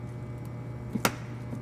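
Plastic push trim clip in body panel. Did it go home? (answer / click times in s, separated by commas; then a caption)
released / 1.1 s. A flathead screwdriver is wedged between the top and bottom halves of a black plastic push-type trim clip in a body panel of a 2016+ Nissan Maxima. A small tick comes just before a single strong, sharp click at 1.1 s over a steady low hum. The clip releases.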